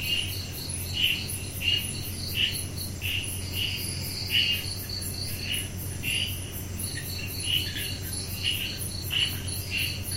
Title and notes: Cotigao wildlife sanctuary. June 2022, 10pm Netrevali, Goa, India, sounds of the night - insects chirping, air conditioning drone. Recorded by Mark Wilden. Part of the Music for Sleep project